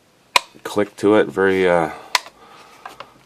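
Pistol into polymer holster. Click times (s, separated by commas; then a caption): 0.4 s. A pistol is pushed into a polymer holster and seats with a sharp click at 0.4 s. Someone talks, and a second sharp snap is heard at 2.1 s, followed by two fainter ticks near the end.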